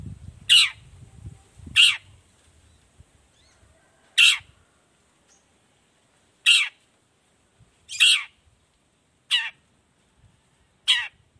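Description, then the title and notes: Long-tailed shrike giving loud harsh rasping notes, seven spread over eleven seconds at uneven gaps, with some low rumbling noise at the start. Singing persistently in the morning, with the 'toet toet' variation, used as a lure to make other shrikes of any type answer and open their beaks. "Cendet Gacor Dor Di Kala Pagi Toet Toet Variasi Suara. Cendet Gacor Efektif Pancingan Buat Cendet Jenis Apapun Agar Cepat Nyaut Buka Paruh. Burung cendet"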